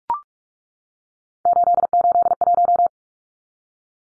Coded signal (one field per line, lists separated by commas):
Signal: Morse code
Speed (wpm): 44 wpm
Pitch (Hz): 700 Hz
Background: none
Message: 881